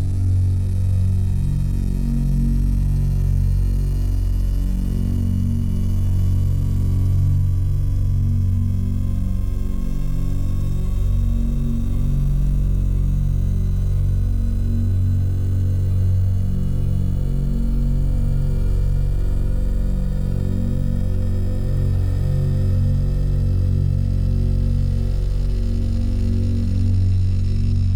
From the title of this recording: Buzzing Drone Tone